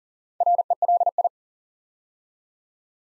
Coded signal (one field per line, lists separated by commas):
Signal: Morse code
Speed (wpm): 39 wpm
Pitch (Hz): 700 Hz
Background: none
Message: RELI